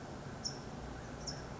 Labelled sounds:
California Towhee (Melozone crissalis)
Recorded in Sonoma County, California

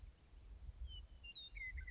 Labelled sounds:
Western Meadowlark (Sturnella neglecta)
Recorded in Sonoma County, California

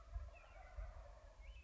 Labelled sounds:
Wild Turkey (Meleagris gallopavo)
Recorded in Sonoma County, California

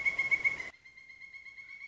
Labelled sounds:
Pileated Woodpecker (Dryocopus pileatus)
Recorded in Sonoma County, California

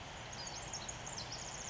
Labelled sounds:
Pacific Wren (Troglodytes pacificus)
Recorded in Sonoma County, California

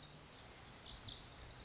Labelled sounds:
Lazuli Bunting (Passerina amoena)
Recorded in Sonoma County, California

